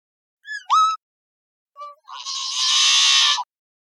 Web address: birdvocals CR YHBL